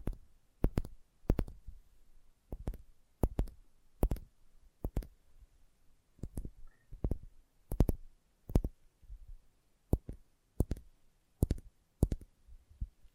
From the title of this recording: Sensitive Tapping